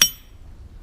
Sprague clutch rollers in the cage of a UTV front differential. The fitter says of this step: you can you can hear all those rollers in that cage just snap so see if you can hear that again